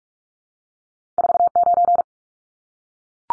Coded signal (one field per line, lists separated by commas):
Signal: Morse code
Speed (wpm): 44 wpm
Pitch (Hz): 700 Hz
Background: none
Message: 49